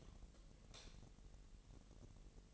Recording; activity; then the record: daily activity, microphone in the room; light off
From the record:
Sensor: 4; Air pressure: 1012.7 hPa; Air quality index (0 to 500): 247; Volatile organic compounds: 4 ppm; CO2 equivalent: 1643 ppm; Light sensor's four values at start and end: 16/38/15/16 and 14/33/13/13